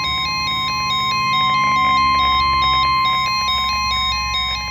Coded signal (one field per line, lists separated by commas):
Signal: Emergency Alert System (SAME) tones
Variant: 1050 Hz attention tone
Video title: EAS #197 - Required Weekly Test